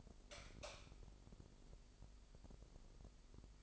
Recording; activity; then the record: daily activity, microphone in the room; light on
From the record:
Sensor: 5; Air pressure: 995.4 hPa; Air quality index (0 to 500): 90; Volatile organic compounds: 4 ppm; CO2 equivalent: 1690 ppm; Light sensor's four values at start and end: 34/79/32/32 and 35/84/34/34